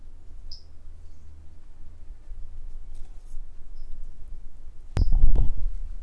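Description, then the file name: Pumpkin toadlet call: brief high chirps, one early and a faint one midway, then a loud thump of handling noise near the end with another chirp. Individual 03, example 01; animal not collected; recorded 10 March 2016. "Brachycephalus tridactylus individual 03 example 01 not collected by MR Bornschein 160310"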